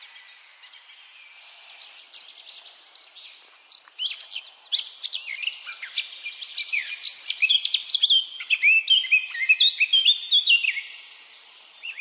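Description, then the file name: Eurasian blackcap song, a long, rambling warble of varied chirps, trills and twittering notes that grows louder and busier after the first few seconds. "Sylvia atricapilla"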